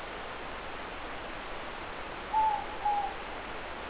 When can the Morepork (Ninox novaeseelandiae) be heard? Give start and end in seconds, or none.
2.22-3.28